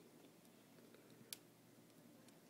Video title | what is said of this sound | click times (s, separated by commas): iPhone 3GS disassembly part 4 | you should hear it snap in just like you did with number two there you go you heard | 1.3 s